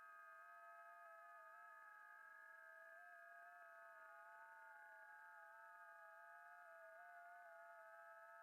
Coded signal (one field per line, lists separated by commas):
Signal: FT8